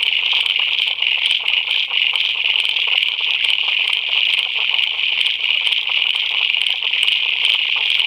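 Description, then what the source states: Frogs calling in a dense chorus: a steady high buzzing band with rapid pulsing clicks running throughout, with no break in the sound. Recorded at a pier on 11 September 2010.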